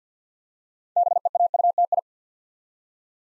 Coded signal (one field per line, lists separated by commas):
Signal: Morse code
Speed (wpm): 50 wpm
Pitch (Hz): 700 Hz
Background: none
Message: BEAUTI